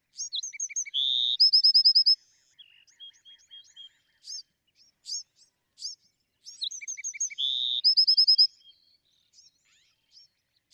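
Bewick's wren song: high twittering notes, a buzzy trill, then a quick run of sharp repeated notes, the full phrase heard twice about six seconds apart with soft chips between.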